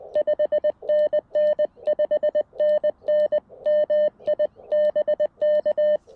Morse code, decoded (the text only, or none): 5NN 5NN MI BK